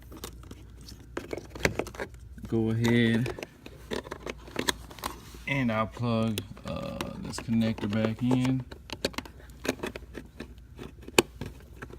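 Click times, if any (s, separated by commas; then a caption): 11.2 s. While a courtesy door puddle light is installed on a 2014 Chevy SS, a plastic door wiring harness connector inside the car door panel is plugged back into its mating connector. Someone talks over soft plastic handling ticks and rustles. The connector seats with a sharp snap at 11.2 s.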